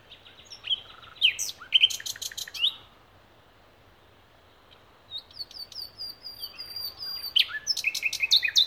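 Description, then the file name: Common nightingale song of varied, abrupt phrases with sharp chirps and rattles, a pause, then rising whistles and a quick, stuttering run of notes. "Luscinia megarhynchos"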